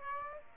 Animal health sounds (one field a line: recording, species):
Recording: mosquito wingbeat signal from an infrared sensor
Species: Aedes aegypti